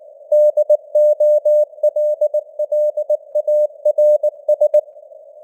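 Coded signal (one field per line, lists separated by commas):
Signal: Morse code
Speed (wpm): 19 wpm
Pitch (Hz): 600 Hz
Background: none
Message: DOLLARS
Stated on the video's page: Morse news headlines at 19 wpm with simulated radio noise and varying signal strength (QSB).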